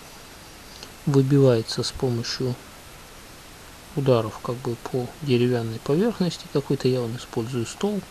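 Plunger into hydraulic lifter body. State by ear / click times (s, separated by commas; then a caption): seated / 0.8 s. A plunger with its spring is pushed into the metal body of a hydraulic valve lifter from a VAZ 2111 car engine during reassembly, helped by tapping. A short click at 0.8 s marks the plunger seating in the lifter body, and then someone talks.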